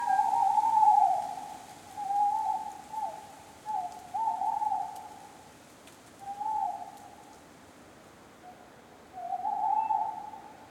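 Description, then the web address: Tawny owl giving a run of long, level hoots, one after another with gaps of varying length between calls, over a soft, steady background rustle. Many tawny owls on a spring night in deciduous forest, with wind and rustling leaves. "Justsoundeffects - Forest Ambiences. Spring Night Deciduous Forest Many Tawny Owls Wind Leaves Rustling"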